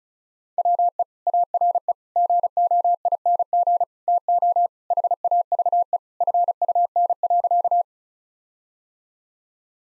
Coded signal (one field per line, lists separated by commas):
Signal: Morse code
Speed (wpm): 36 wpm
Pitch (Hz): 700 Hz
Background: none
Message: WE ARE GOING TO HAVE FUN.